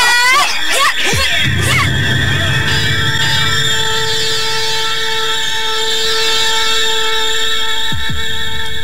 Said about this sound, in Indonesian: Dentingan dan teriakan-teriakan dari orang yang tersungkur mati mulai terdengar membelah kegelapan hutan.